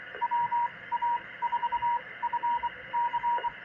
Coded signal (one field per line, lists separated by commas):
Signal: Morse code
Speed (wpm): 23 wpm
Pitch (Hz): 950 Hz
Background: radio noise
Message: WA4FC